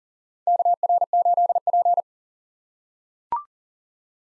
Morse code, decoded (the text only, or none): KR8P